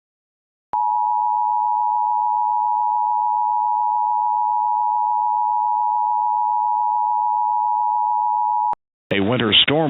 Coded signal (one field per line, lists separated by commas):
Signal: Emergency Alert System (SAME) tones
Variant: 853 and 960 Hz attention tone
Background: speech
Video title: EAS Mini-Scenario 1: Sunstone